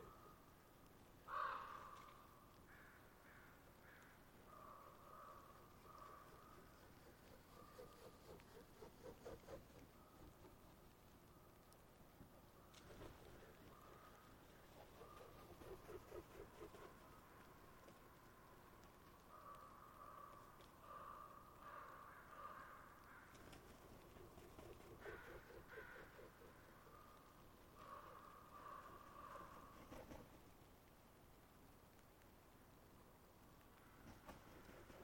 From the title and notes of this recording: The site is a permanent roost for a mob of ravens. On a daily basis, though, their home is utilized by a murder of crows as a staging area for their final roost. After a long day of foraging, the crow gang descends to overrun the area before moving along. They sound agitated. The ravens are listening, waiting to see if it’s okay to go about again.